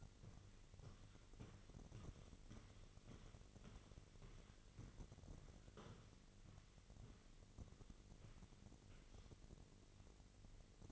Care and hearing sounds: daily activity, microphone in the room; walk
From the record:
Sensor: 4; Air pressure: 1002.4 hPa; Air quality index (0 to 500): 216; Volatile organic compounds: 12 ppm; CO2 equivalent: 2341 ppm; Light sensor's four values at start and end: 21/72/26/26 and 21/72/26/26

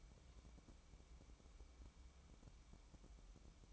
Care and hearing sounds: daily activity, microphone in the room; take from stove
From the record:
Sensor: 1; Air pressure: 1008.2 hPa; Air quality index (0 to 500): 136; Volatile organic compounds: 2 ppm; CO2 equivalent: 1142 ppm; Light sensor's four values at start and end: 8/18/7/8 and 8/18/7/8

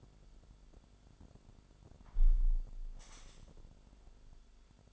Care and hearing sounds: daily activity, microphone in the room; close window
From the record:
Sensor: 5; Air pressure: 1006.6 hPa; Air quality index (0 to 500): 190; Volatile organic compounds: 5 ppm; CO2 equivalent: 1806 ppm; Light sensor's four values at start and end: 57/162/63/64 and 57/162/63/64

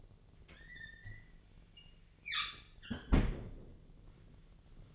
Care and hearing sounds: daily activity, microphone in the room; close fridge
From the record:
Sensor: 4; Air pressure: 1010.5 hPa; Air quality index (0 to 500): 176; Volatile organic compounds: 5 ppm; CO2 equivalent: 1790 ppm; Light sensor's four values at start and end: 27/82/32/33 and 33/98/38/39

